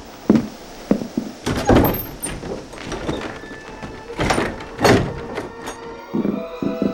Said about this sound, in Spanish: Niño, abre la puerta. Mira, ahí viene uno de los chiquititos a abrirnos la puerta.